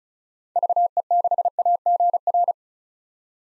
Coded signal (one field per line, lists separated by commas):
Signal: Morse code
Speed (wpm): 36 wpm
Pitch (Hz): 700 Hz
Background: none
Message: VE6AGR